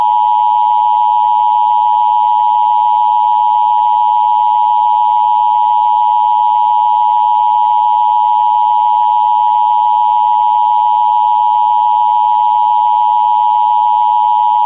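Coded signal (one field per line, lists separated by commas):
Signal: Emergency Alert System (SAME) tones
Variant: 853 and 960 Hz attention tone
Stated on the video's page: Fictional EAS test imagined interrupting a SpongeBob broadcast.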